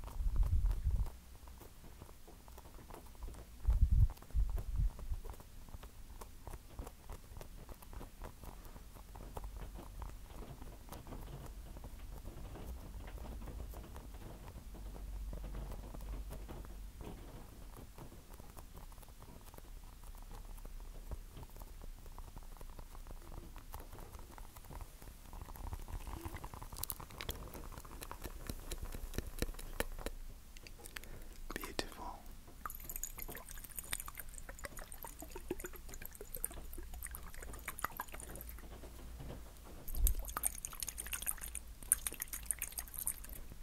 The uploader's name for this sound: Tapping & Scratching